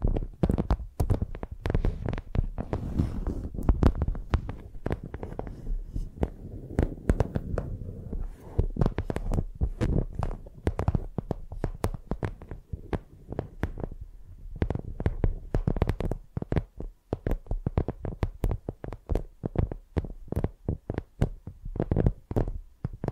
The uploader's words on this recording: Using Mics as Pencils (No Talking).